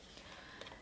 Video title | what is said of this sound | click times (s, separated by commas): Paper Trimmer Overview | you'll hear it click just like that so that little | 0.6 s